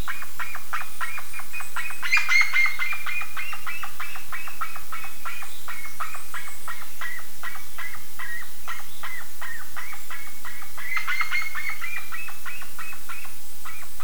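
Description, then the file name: Bird calls in a dense run of clipped notes. The series swells into brighter, louder bursts around two and eleven seconds. "SABIOD 50 bird 2015"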